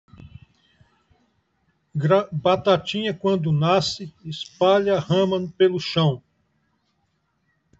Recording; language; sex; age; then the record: short text; Brazilian Portuguese; male; 60 to 69 years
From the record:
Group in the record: control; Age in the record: 64 years